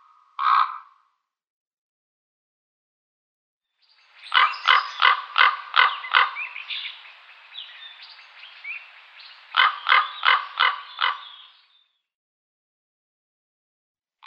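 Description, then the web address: Common raven producing a single croak, then rapid strings of rattling, knocking notes mixed with softer gurgling sounds. "Schulze Peter Common Raven"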